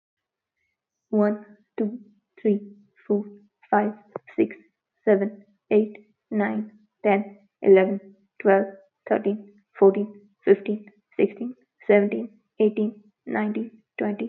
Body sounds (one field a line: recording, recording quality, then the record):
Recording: counting at a normal pace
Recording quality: excellent, no background noise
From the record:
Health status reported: healthy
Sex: female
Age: 20 years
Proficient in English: yes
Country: India